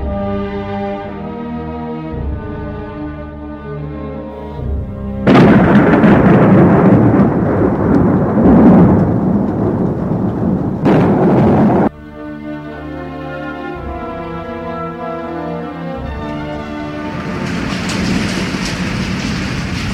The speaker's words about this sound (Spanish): Una noche de lluvia en la casa fantasmal.